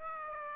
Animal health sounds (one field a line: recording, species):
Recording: mosquito wingbeat signal from an infrared sensor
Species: Aedes aegypti